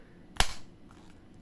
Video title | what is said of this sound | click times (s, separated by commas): Edifier TWS1 Pro Unboxing and Review | got a nice satisfying click to it | 0.4 s